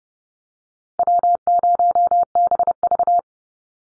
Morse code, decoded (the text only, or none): W0BV